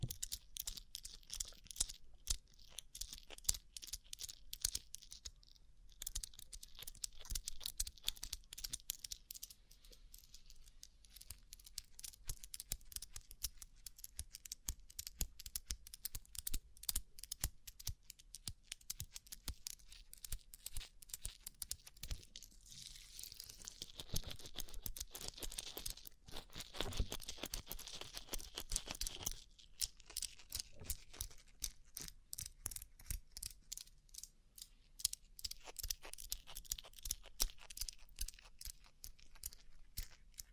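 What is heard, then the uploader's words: Rhinestone-covered surface tapped in dense, rapid clicks, bright and crisp, continuous throughout with brief pauses and a busier flurry around 25–28 seconds. ASMR Rhinestone Covered Tapping 3Dio (No Talking).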